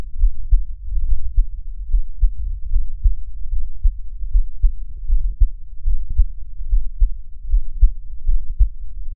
Human heartbeat contact microphone.